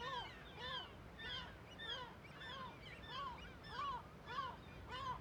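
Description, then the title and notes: Gull alarm calls, strident yelps repeated steadily without pause. Large cliff amphitheatre above Viðarlundin woodland, Kunoy, Faroe Islands; gulls alarmed at the recordist's approach; quadraphonic recording, MixPre6II with DPA 4021 and 4022 microphones. "Le Palais des mouettes . Grand Cirque . Kunoy, Îles Féroé. Iles Féroé, KUNOY, nous sommes au dessus la forêt de Viðarlundin í Kunoy, le Cirque est énorme et les mouettes et autres oiseaux se mettent en alerte"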